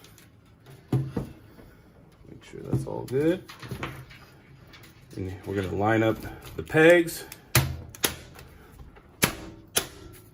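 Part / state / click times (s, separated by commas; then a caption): front panel clipping onto a desktop PC case / seated / 7.6 s, 8.1 s, 9.2 s, 9.8 s. Someone talks while lining up the pegs of a plastic front panel with a desktop PC case and pushing it on. Sharp clicks ring out at 7.6, 8.1, 9.2 and 9.8 seconds as the front panel snaps back into place on the case, fully seated.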